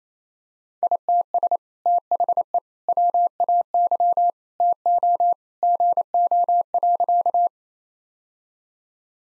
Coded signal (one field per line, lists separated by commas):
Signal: Morse code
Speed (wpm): 28 wpm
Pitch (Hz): 700 Hz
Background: none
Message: ITS THE WAY TO GO.